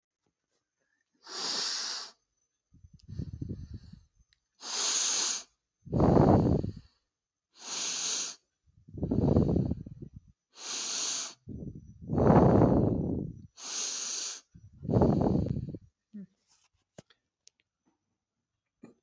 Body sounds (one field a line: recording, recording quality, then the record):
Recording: deep breathing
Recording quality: excellent, no background noise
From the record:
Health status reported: recovered from COVID-19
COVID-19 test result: positive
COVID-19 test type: RT-PCR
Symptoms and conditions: cough, cold, sore throat, muscle pain, diabetes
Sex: female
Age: 42 years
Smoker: no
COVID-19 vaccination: both doses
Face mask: worn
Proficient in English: yes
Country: India